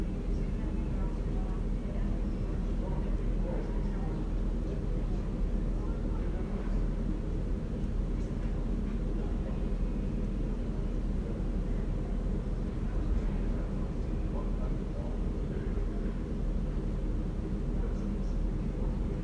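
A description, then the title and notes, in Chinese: An air conditioner's outdoor unit drones steadily in a courtyard, a dense low hum with faint bits of conversation drifting through. 午后 空调外机 院子 交谈声。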